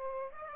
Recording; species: mosquito wingbeat signal from an infrared sensor; Aedes aegypti